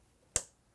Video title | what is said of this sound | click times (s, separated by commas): DOES MASS AIR FLOW SENSOR CLEANER ACTUALLY WORK? | I'm going to go ahead and plug it back in you can hear the click | 0.4 s